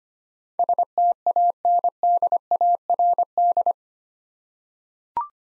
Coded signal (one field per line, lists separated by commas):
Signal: Morse code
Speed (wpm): 25 wpm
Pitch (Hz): 700 Hz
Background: none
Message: STANDARD